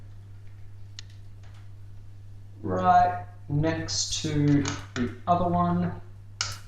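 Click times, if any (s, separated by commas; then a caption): 6.4 s. A cable connector is plugged into a newly installed hard drive, right next to the other cable, while someone talks. A sharp click is heard at 6.4 seconds as the drive cable connector seats.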